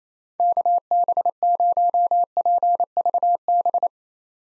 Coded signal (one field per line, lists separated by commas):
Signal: Morse code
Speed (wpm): 28 wpm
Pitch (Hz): 700 Hz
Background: none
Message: KB0PVB